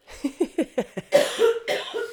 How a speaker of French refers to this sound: Je sais que c'est con, hein, mais je te laisse tousser.